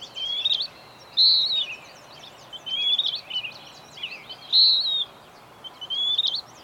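Bird song: high whistled phrases repeated every one to two seconds, a loud bright note recurring twice, over faint chirps and background hiss.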